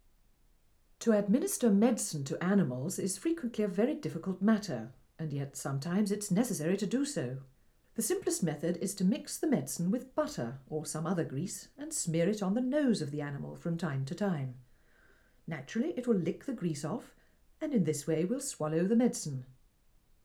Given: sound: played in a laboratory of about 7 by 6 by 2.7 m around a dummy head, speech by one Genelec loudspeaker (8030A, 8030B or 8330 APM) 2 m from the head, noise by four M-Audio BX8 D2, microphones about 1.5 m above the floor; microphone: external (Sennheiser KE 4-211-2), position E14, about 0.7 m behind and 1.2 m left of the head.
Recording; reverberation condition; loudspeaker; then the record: female speech in English; low; 90 degrees to the left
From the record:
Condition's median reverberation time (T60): about 310 ms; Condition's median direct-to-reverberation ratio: about 3.5 dB